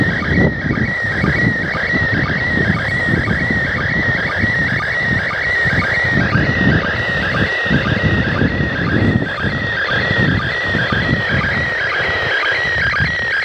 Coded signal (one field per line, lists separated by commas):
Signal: SSTV (slow-scan television)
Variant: PD 120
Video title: #REWA ISS slow scan TV image decoding